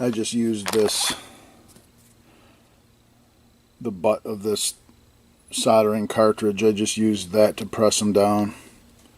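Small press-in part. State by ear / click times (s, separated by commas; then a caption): not seated / none. Small press-in parts on a 2006 Husqvarna YTH2242T lawn tractor component are handled and pressed down with the butt of a soldering cartridge while someone talks in short bursts with quiet gaps between. Nothing has seated or clicked into place yet.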